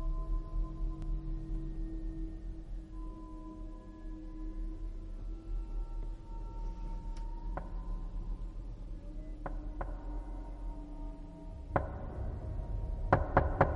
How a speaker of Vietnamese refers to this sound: Ở ngoài cửa truyền đến tiếng gõ cửa mang theo một tiết tấu.